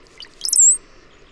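Bird song: a short high chirping phrase with a few quick notes, ending in a thin whistle that falls slightly, over a faint steady hum.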